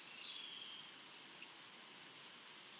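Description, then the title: São Francisco sparrow song: a high, thin series of short slurred notes that starts sparse and grows louder. "LuckyPassaro Completos2Sama. Sao Francisco Sparrow (Arremon franciscanus)"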